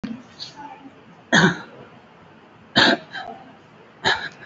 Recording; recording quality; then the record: shallow voluntary cough; excellent, no background noise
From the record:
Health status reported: recovered from COVID-19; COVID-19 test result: positive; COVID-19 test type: RT-PCR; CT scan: taken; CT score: 0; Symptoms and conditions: cough, cold, breathing difficulty, muscle pain, chronic lung disease, pneumonia, diabetes, another condition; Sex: male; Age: 53 years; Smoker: yes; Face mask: worn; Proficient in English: no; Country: India